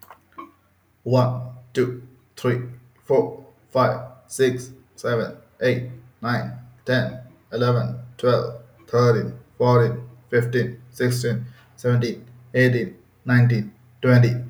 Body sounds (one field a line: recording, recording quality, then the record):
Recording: counting at a normal pace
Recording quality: excellent, no background noise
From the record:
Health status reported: healthy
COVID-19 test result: negative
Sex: male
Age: 27 years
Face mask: not worn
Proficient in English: yes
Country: India